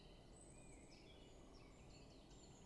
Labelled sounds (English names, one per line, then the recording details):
Great Spotted Woodpecker
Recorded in Germany
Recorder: ecoPi